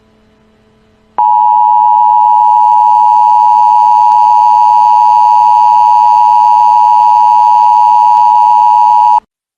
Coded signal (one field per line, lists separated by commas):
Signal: Emergency Alert System (SAME) tones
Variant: 853 and 960 Hz attention tone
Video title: EAS Scenario: Barney Error FULL SERIES (Reupload & Read Description)